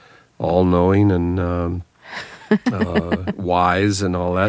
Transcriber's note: laughter